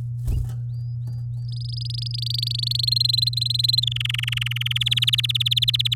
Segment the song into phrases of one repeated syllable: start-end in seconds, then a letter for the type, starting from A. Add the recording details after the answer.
1.49-2.85 A, 2.87-3.84 B, 3.87-4.78 C, 4.81-5.94 D. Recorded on 8 May 2018 at 10:44. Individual llb16